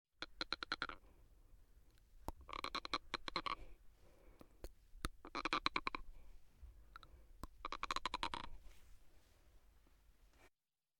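Four bursts of rapid, grating clicks and scraping, each lasting about a second, with faint sharp ticks between them. The rough, gritty rasp is teeth grinding, or bruxism, in an adult.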